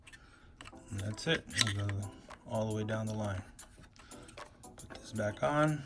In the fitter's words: into place you hear a little click that's